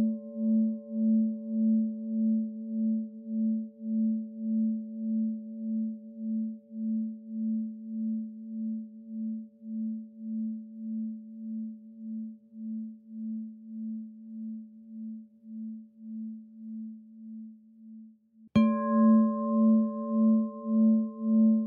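A singing bowl rings with a low, steady hum that wobbles in slow, regular pulses, its brighter overtones gradually fading as the tone decays. Near the end, at about 18 seconds, the bowl is struck again with a crisp attack and rings out fully once more.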